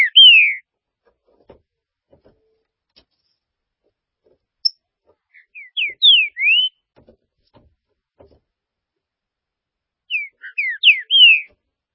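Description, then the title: Green-winged saltator giving loud whistled phrases of downslurred and upslurred notes, three phrases spaced several seconds apart, with faint ticking between them. "Trinca Ferro"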